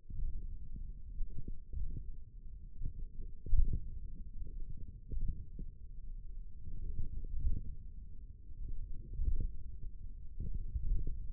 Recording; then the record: forearm muscle sounds (acoustic myography)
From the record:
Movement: tripod grip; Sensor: system 1, eight BSWA MPA416 microphones around the upper forearm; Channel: 3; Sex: male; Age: 28 years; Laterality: right